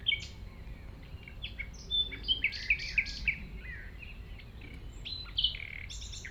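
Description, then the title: Common nightingale song: a busy run of varied chirps, short whistles and clipped notes with several loud accents, over a steady low rumble. At 195 Rue de Vars, Chindrieux, France; recordist approached the singing nightingale on foot through tall grass; while singing it is deaf to outside noise. "195 Rue de Vars, 73310 Chindrieux, France - approche d'un rossignol"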